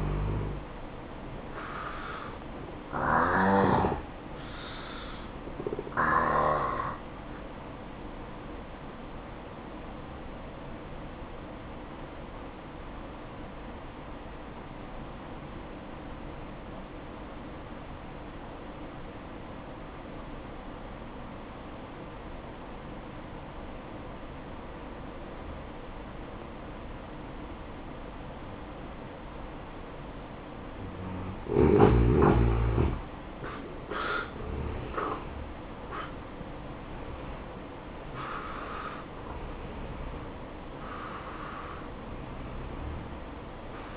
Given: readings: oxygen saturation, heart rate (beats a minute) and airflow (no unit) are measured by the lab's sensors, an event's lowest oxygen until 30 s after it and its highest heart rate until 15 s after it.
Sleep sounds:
breathing in sleep by a voice recorder at the bedside; 1
5.00-32.20 s: hypopnea (N1, oxygen 94% highest, then 87% lowest, heart rate 62 at the start, 76 highest)
From the record:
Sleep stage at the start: N1 (lightest sleep); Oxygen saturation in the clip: 88 to 94%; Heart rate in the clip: 57 to 76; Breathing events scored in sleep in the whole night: 573 in 9.8 hours asleep

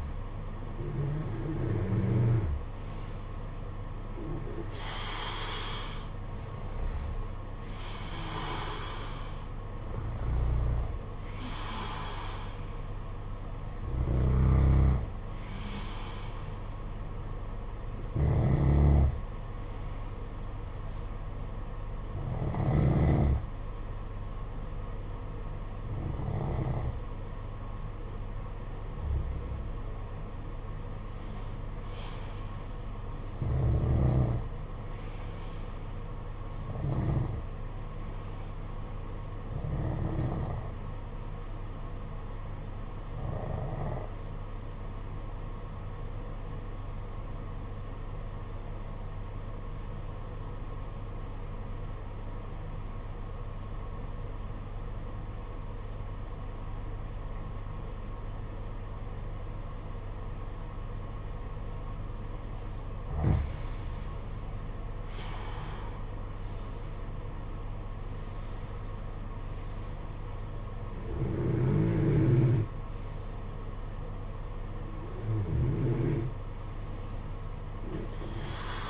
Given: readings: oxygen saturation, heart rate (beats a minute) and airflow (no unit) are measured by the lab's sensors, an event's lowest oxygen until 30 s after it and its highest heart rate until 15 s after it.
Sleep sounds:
breathing in sleep by a smartphone at the bedside; 2
15.00-31.20 s: hypopnea (N1, oxygen 95% highest, then 92% lowest, heart rate 55 at the start, 55 highest)
44.00-64.40 s: obstructive apnea (N1, oxygen 95% highest, then 84% lowest, heart rate 51 at the start, 64 highest)
From the record:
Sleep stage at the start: N1 (lightest sleep); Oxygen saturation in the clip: 85 to 95%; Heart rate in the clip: 51 to 64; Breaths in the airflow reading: 17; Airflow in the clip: -11.2 to 10.8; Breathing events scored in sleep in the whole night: 476 in 9.7 hours asleep

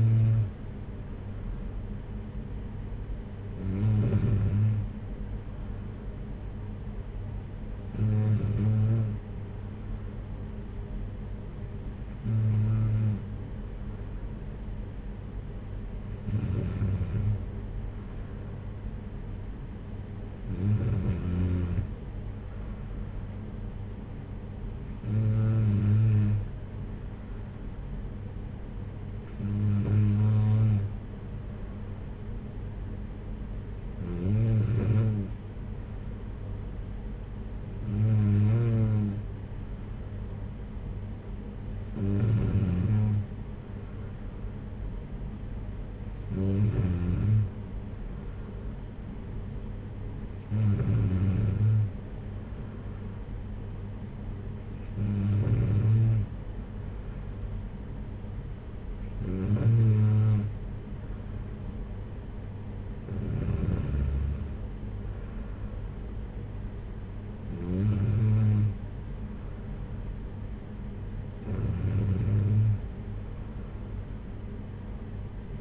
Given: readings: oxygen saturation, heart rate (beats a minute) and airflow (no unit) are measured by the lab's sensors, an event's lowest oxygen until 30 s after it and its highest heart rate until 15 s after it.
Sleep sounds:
breathing in sleep by a smartphone at the bedside; none
none scored
From the record:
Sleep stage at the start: N2 (light sleep); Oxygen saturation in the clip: 93 to 94%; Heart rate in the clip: 55 to 59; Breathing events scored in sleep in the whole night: 226 in 8.8 hours asleep

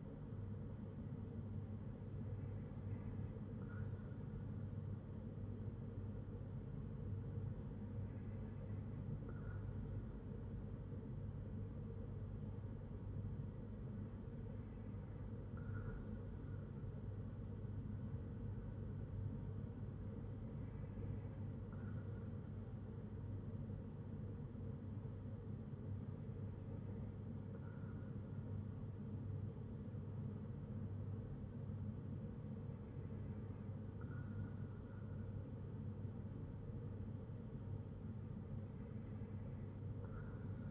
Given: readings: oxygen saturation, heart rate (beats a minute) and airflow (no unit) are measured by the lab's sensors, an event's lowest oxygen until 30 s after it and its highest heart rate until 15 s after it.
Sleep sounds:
breathing in sleep by a smartphone at the bedside; none
none scored
From the record:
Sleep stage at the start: N2 (light sleep); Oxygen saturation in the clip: 94%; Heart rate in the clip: 60 to 66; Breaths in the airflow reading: 6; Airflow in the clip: -4.4 to 4.0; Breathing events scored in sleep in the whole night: 182 in 7.4 hours asleep

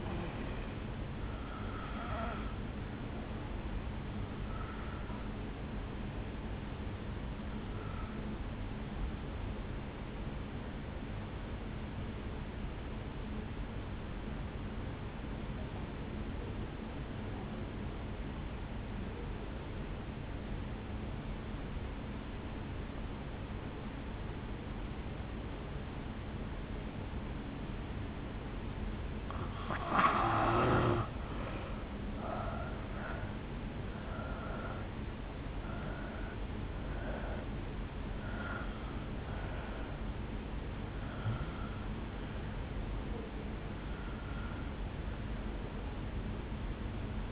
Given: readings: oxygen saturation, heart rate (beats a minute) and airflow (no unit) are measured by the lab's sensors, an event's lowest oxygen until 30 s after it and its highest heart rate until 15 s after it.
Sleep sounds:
breathing in sleep by a voice recorder at the bedside; 1
16.00-30.60 s: obstructive apnea (N2, oxygen 95% highest, then 83% lowest, heart rate 57 at the start, 74 highest)
19.00-47.32 s: new sleep stage, N1 (lightest sleep)
From the record:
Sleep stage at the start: N2 (light sleep); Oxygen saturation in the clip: 86 to 95%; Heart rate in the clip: 56 to 74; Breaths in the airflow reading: 8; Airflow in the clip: -8.3 to 6.4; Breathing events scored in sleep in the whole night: 449 in 7.0 hours asleep

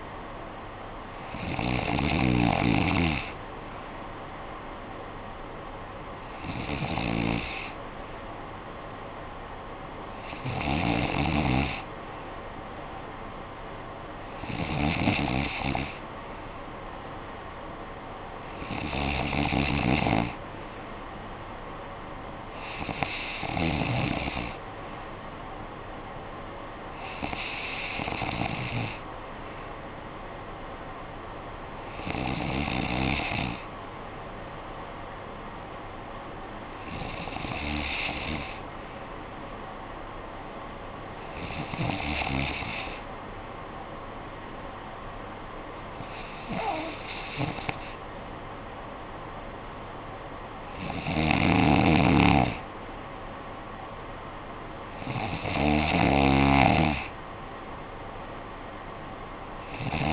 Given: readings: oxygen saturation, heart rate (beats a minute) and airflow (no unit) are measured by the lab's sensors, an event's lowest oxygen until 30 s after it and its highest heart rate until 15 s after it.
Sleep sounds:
breathing in sleep by a voice recorder at the bedside; none
40.00-60.13 s: new sleep stage, N2 (light sleep)
From the record:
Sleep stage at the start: N3 (deep sleep); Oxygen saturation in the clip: 93 to 94%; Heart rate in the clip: 55 to 62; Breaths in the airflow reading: 13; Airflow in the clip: -10.0 to 5.8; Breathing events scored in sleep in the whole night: 445 in 7.6 hours asleep

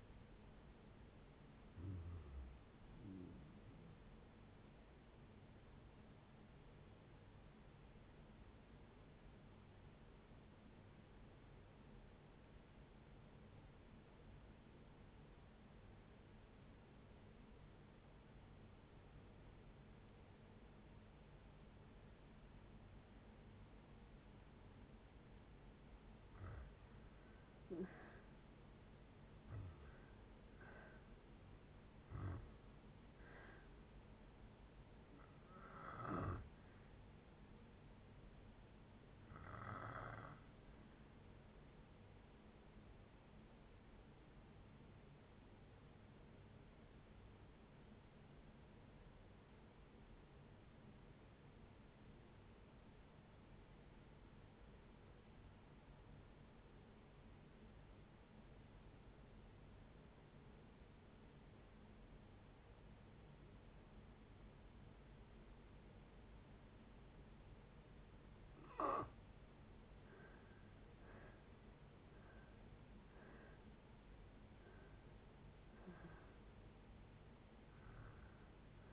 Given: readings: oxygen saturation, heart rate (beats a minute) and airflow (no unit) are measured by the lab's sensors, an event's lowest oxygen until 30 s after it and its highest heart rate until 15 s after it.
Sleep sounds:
breathing in sleep by a voice recorder at the bedside; 2
4.00-78.93 s: new sleep stage, N1 (lightest sleep)
9.00-26.10 s: obstructive apnea (N1, oxygen 98% highest, then 82% lowest, heart rate 65 at the start, 74 highest)
43.00-68.20 s: obstructive apnea (N1, oxygen 97% highest, then 75% lowest, heart rate 65 at the start, 73 highest)
From the record:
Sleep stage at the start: N2 (light sleep); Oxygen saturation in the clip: 82 to 98%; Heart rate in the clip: 55 to 79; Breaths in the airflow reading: 11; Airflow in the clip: -9.5 to 13.3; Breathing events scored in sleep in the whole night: 496 in 5.4 hours asleep

